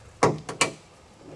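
A plastic cargo light housing is fitted into the bed rail opening of a Toyota Tacoma truck bed side panel: its top tabs are hooked into the hole, then the bottom is pressed in. Sharp snaps are heard at 0.2 s and 0.6 s, with a softer click at 0.5 s between them. The housing seats nice and snug.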